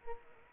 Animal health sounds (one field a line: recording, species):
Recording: mosquito wingbeat signal from an infrared sensor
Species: Culex pipiens